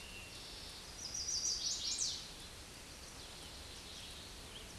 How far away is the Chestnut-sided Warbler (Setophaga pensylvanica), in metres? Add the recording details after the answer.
about 20 m. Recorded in a Pennsylvania forest on 18 May 2023 at 09:49. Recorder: AudioMoth, point grid1_29_low. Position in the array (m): 15 m, 90 m